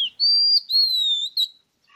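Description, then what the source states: Oriental Magpie Robin song: a few clear, sweet whistled notes, one held level, then a long gently falling whistle and a short higher note, all within two seconds. Long a sought-after cage bird for its beautiful singing; mimics many voices; gives fluting notes early in the morning; widespread in Middle and Far East and Southeast Asia, including India, China, Bangladesh.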